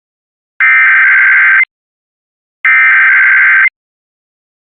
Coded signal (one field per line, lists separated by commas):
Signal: Emergency Alert System (SAME) tones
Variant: header bursts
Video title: Riverside-San Bernardino Required Monthly Test (EAS #608-612) 7/5/23